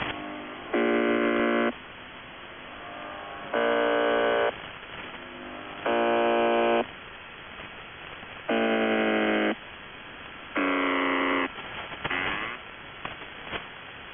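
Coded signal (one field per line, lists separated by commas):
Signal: channel marker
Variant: UVB-76 (The Buzzer)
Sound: five harsh, low one-second buzzes about two seconds apart over hiss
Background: radio static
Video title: [UVB-76, The Buzzer] 1 Day, 5 Breakdowns; 10. June 2020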